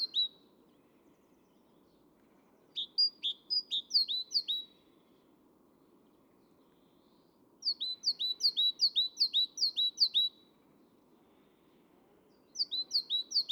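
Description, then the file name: Great tit song in repeated bursts of high, alternating two-note phrases, each burst lasting two to three seconds and separated by quiet pauses, with a soft constant hum beneath. "Parus major"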